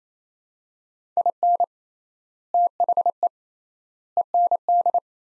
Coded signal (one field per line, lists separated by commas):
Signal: Morse code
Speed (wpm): 28 wpm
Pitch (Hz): 700 Hz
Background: none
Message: IN THE END